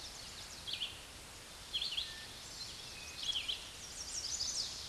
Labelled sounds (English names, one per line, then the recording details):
Red-eyed Vireo song
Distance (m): 30 m
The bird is about 20 m above the microphone
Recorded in a Pennsylvania forest on 16 May 2024 at 08:28
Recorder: AudioMoth, point MSD-2258
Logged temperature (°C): 15.2 °C
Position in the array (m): 180 m, 75 m